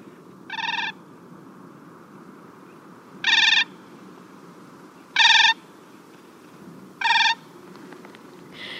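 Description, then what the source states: Siberian cranes giving flight calls: several loud, harmonic-rich bugling notes spaced about two seconds apart. Three Siberian cranes flying toward the recordists in the Siberian tundra, seeming to call to each other in flight; a call type said to be rarely given.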